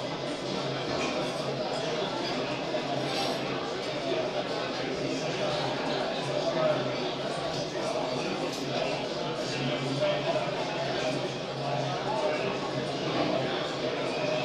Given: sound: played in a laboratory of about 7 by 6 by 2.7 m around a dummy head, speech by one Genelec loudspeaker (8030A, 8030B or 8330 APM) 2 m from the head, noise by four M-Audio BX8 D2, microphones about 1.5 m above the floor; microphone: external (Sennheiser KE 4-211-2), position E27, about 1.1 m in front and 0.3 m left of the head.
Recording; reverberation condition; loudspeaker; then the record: cafeteria noise; medium; four, about 170 cm from the corners of the room and facing them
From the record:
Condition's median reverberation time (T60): about 510 ms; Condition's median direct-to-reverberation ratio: about -0.5 dB